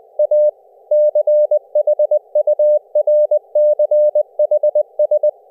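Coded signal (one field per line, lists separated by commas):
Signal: Morse code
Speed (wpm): 20 wpm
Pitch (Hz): 600 Hz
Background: none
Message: A CHURCHS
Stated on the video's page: CW on ELF-LF bands over IP via JackTrip to a Pi4 QSO server, with optional simulated HF background static added as comfort noise.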